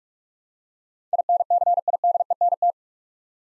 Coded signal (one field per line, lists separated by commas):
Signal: Morse code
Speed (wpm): 46 wpm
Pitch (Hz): 700 Hz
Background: none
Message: INCIDENT